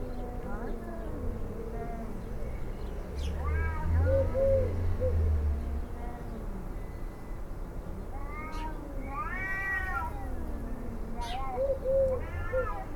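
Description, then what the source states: Cats yowling in several short, arching wails and brief moans, spaced irregularly throughout, over a low rumbling background. Howling cats, field recording, May 2018.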